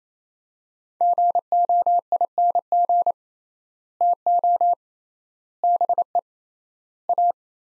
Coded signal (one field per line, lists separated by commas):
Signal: Morse code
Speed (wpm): 27 wpm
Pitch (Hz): 700 Hz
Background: none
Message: GOING TO BE A